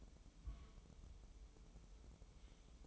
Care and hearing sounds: daily activity, microphone in the room; place on stove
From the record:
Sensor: 1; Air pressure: 988.3 hPa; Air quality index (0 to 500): 202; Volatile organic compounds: 1000 ppm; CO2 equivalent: 5430 ppm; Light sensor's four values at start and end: 26/97/37/39 and 26/97/37/39

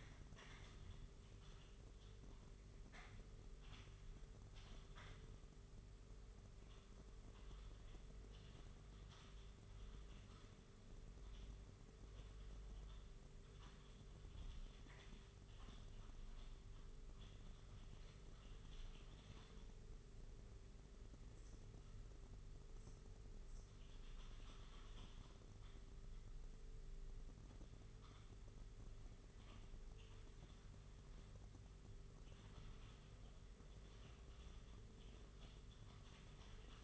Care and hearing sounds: daily activity, microphone in the room; typing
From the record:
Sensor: 4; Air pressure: 991.8 hPa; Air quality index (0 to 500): 120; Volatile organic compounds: 27 ppm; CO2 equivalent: 2880 ppm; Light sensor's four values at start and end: 20/65/24/24 and 20/65/24/24

